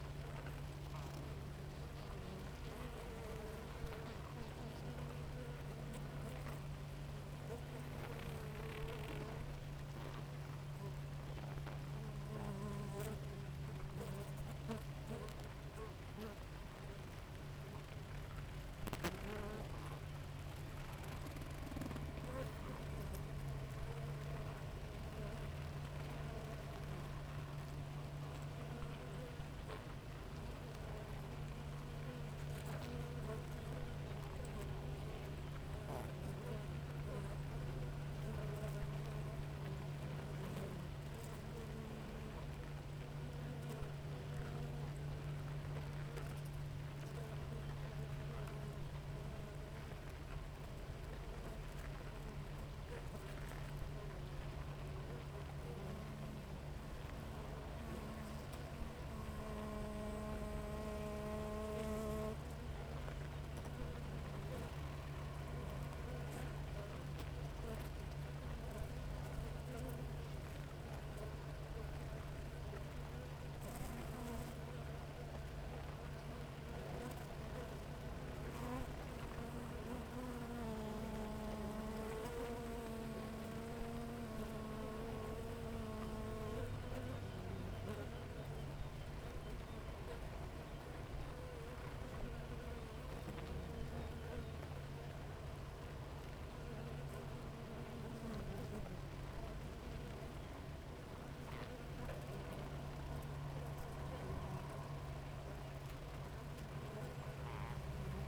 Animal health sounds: honeybee colony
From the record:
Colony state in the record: active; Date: 28 July 2017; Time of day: 6:33

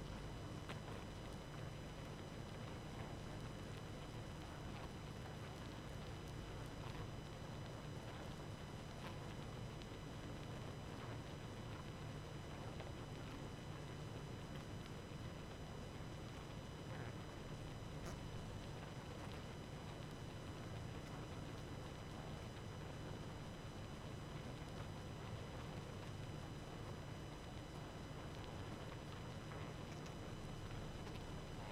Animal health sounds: honeybee colony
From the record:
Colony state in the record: active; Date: 12 June 2018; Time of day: 23:47

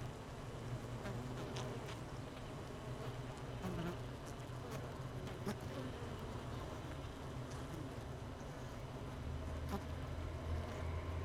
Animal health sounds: honeybee colony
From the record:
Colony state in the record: missing queen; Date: 31 May 2018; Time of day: 17:29

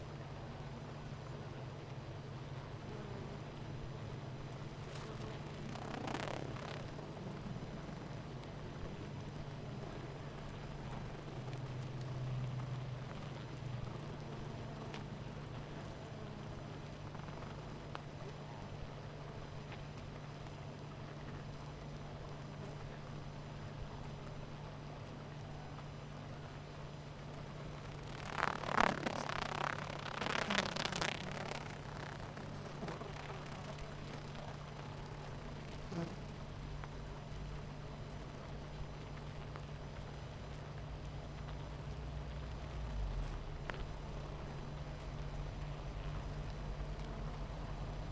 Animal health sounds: honeybee colony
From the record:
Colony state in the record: missing queen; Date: 14 July 2017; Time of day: 10:00

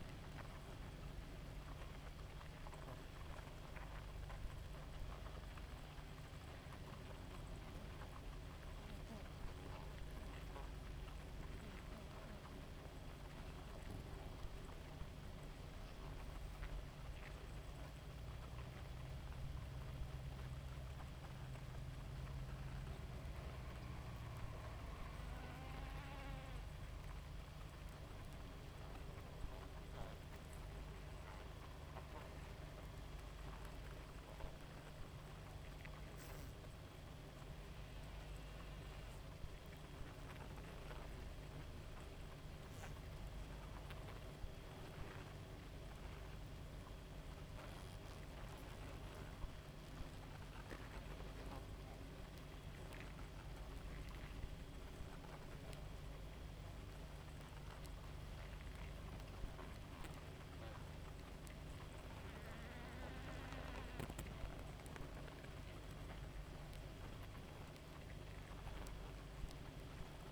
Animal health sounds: honeybee colony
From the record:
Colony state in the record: active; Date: 28 July 2017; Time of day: 0:03

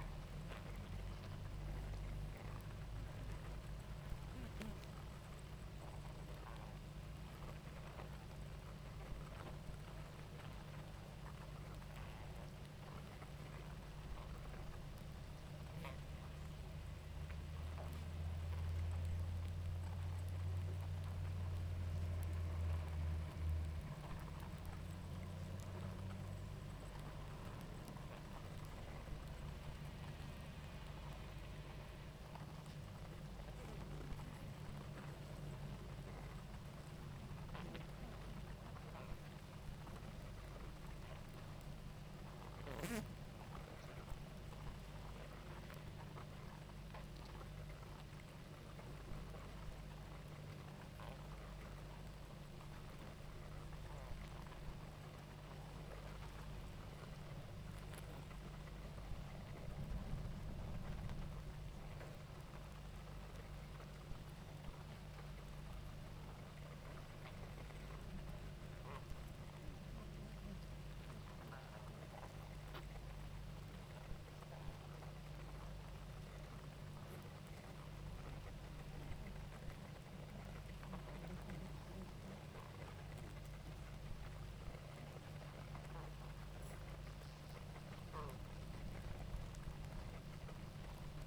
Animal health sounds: honeybee colony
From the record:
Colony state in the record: active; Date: 28 July 2017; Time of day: 18:57

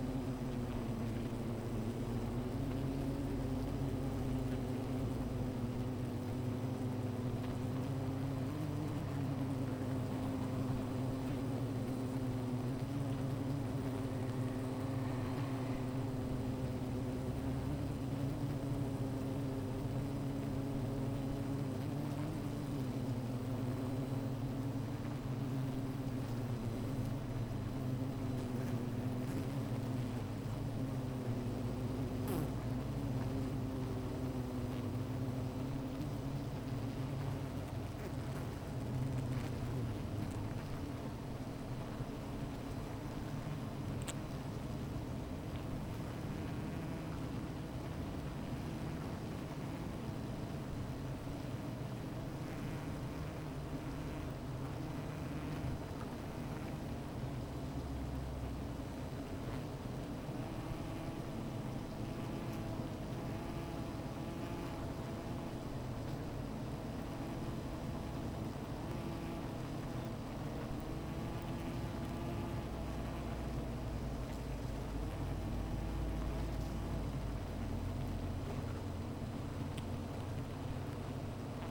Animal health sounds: honeybee colony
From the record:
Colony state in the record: missing queen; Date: 14 July 2017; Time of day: 15:26

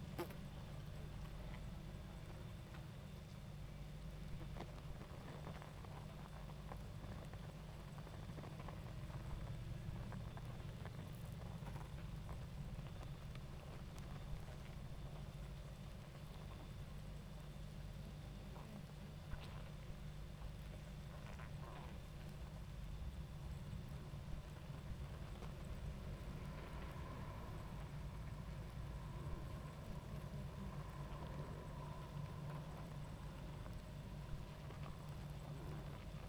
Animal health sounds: honeybee colony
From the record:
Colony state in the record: active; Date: 28 July 2017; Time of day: 21:54

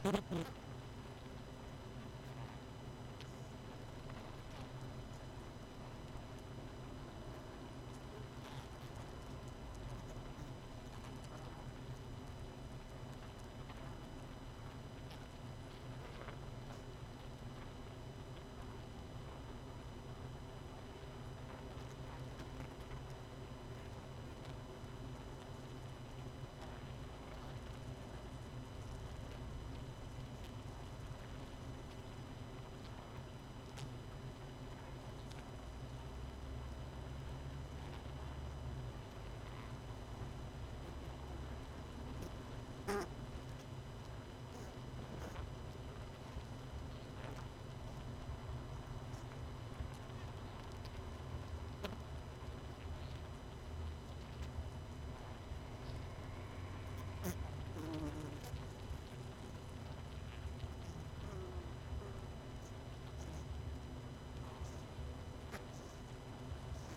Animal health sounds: honeybee colony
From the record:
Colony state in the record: missing queen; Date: 31 May 2018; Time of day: 20:20

